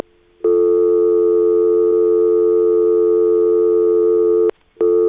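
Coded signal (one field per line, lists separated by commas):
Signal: telephone call progress tone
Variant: North America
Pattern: dial tone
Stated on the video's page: Call progress tones from Siemens motor switching exchanges, a European system, in Florida's telephone network in 1978.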